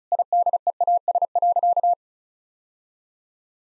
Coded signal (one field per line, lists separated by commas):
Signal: Morse code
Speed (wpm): 36 wpm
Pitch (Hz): 700 Hz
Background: none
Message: IDEAS.